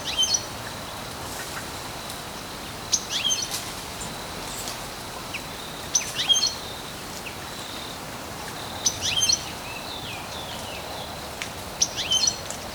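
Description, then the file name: European goldfinch calls, clusters of thin high chirps and twitters every few seconds, separated by quiet gaps filled with faint background hiss. "Carduelis carduelis"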